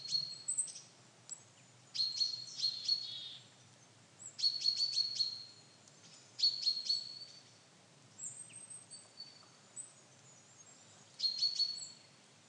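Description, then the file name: Common chaffinch calls: short bursts of high, thin notes around a steady tone, repeated in several groups. "Fringilla coelebs"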